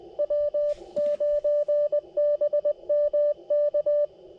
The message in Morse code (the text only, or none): W9BMK